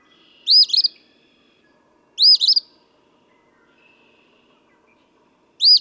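Eastern phoebe delivering its burry, sharply inflected phrase three times over a quiet background.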